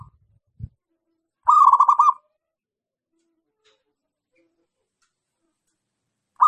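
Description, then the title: Zebra dove song: one short, rapid, staccato cooing trill lasting under a second, then quiet, with a faint low thump before it and a new phrase starting at the end. Local zebra dove singing actively, recorded as a training recording for other birds. "Perkutut Lokal Gacor MASTERAN AMPUH"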